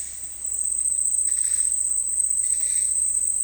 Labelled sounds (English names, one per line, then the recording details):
none
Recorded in dense forest near Puerto Asís, Putumayo, Colombia, on 19 February 2024 at 09:30
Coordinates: 0.484, -76.317
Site G6464